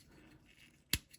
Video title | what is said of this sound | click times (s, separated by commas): Transformers War for Cybertron Kingdom Voyager Class OPTIMUS PRIMAL Video Review | that will lock into place | 0.9 s